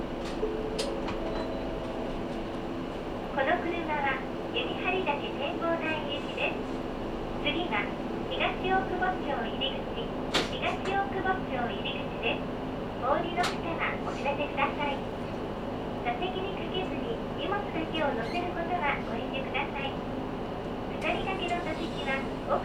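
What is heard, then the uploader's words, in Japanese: Voices talk over the steady low rumble of a two-car Matsuura Railway train, with occasional brief clicks and a squeal near ten seconds. 無人駅の中佐世保駅から乗車する。列車は２両編成で車掌も乗務していました。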